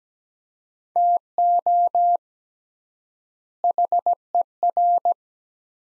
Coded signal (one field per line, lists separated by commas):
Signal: Morse code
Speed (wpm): 17 wpm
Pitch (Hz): 700 Hz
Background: none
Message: TO HER